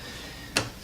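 A plastic electrical connector is pushed back onto the EVAP purge valve solenoid of a 2004–08 Ford F-150 5.4 3V, giving a single short, sharp click at 0.6 s against a quiet background. The connector seats.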